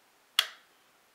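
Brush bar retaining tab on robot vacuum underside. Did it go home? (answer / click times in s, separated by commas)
yes / 0.4 s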